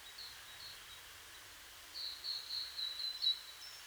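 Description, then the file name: Great tit calls: a faint, thin note at first, then a quick run of five or six short, high chipping notes over a quiet background. "Parus major"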